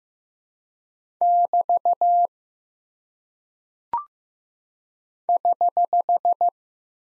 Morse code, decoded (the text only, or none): <BT> <HH>